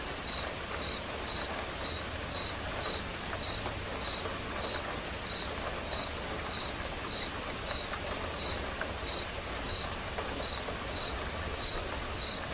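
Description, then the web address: Cricket chirping in an even rhythm of short high pulses, with gentle rain hissing underneath. Quiet rain with crickets chirping alongside. "som de chuva silenciosa com acompanhamento de grilos"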